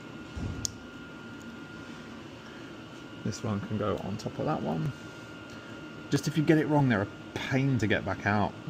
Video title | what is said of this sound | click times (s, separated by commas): Hotwire failure - Part 2 | Remember, we want the little click. | 0.6 s